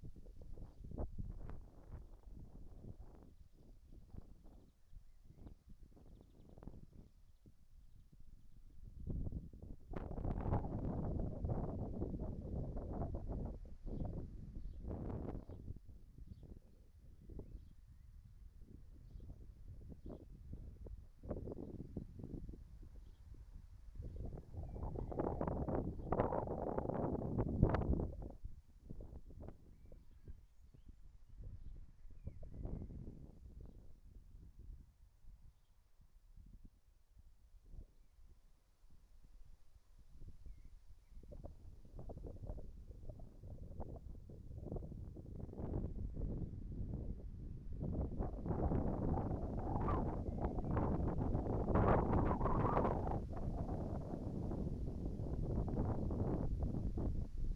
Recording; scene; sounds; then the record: everyday scene through a hearing-aid microphone; wind on the microphone; wind, whistling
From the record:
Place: in front of a rural house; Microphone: behind the ear, right, rear